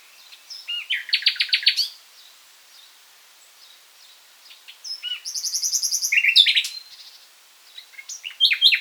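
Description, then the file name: Common nightingale delivering a fast rattling trill, a pause with soft notes, then a longer run of repeated high, buzzy notes and a new phrase starting. "Luscinia megarhynchos"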